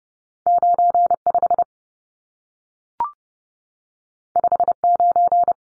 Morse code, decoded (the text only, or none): 95 59